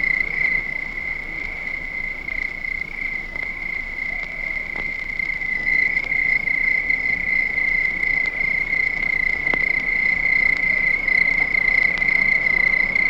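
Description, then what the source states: Crickets chirping in a dense, unbroken high trill that holds steady throughout, with a few faint clicks. Crickets at night.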